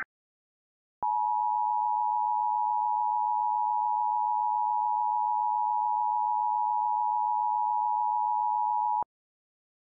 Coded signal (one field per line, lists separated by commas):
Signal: Emergency Alert System (SAME) tones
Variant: 853 and 960 Hz attention tone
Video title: [EAS SCENARIO] - Poisoned Land